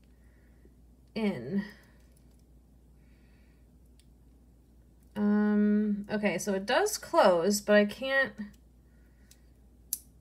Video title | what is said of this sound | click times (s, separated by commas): I BOUGHT THE WHOLE BIN! Flea Market jewelry + sterling & more! | oh there it goes it has a little click to it all right | 9.9 s